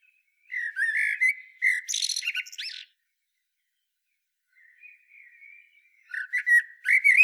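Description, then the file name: Common blackbird giving short fluted phrases with harsh high twittering endings, separated by a pause with faint quiet warbles. "Turdus merula"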